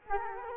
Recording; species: mosquito wingbeat signal from an infrared sensor; Culex quinquefasciatus